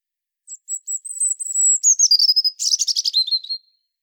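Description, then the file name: European robin song opening with a thin, very high sustained whistle that falls and breaks into a fast, buzzy trill before fading. "Erithacus rubecula"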